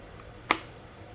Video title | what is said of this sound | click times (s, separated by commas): FN 509 MRD LAPD W:TLR7 050822 | boom click okay so | 0.5 s